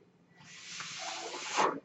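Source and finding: Home mechanical ventilator. Mechanical ventilator noise.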